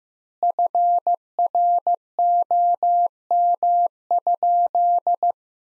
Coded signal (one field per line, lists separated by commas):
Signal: Morse code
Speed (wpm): 15 wpm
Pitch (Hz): 700 Hz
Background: none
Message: FROM?